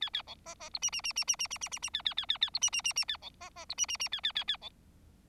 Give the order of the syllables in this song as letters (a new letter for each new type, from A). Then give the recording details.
A A B C C D E E E E E E E E E E A A A A A D E E E E A B C C D E E E A A A A B. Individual Bird4